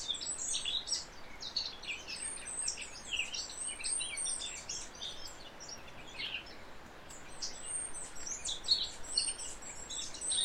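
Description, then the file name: Eurasian blackcap song: sustained, busy warbling with thin high whistles and chattering notes, pouring out almost without pause. "Sylvia atricapilla"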